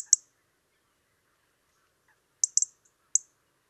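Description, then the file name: European robin giving an isolated sharp tick, then after a pause a quick trio of high ticks and one more, with faint soft sounds between. "Erithacus rubecula"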